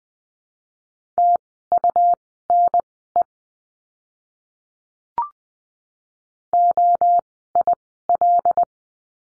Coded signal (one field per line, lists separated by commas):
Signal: Morse code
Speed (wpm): 20 wpm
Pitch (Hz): 700 Hz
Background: none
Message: TUNE OIL